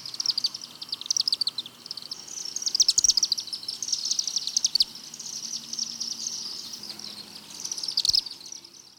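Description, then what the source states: Chimney Swift call, continuous high chippering twitters holding a nearly steady pitch, in bursts throughout with brief quieter gaps. Call given in flight: continuous series of chips and twitters, non-musical and varying little in pitch; species nests and roosts in chimneys around human habitations.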